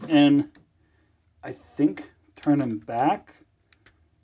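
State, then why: Seated. Someone talks while turning the plastic hands of a CW Devastator transforming toy robot back into position, seating each hand into its arm/leg section. Two small clicks are heard at 3.7 s and 3.9 s as the hands lock into their locking points and seat in place.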